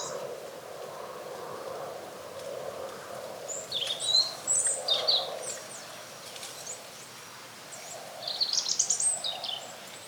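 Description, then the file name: European robin song phrases, high thin warbling notes in two bursts, over steady background noise. "Erithacus rubecula"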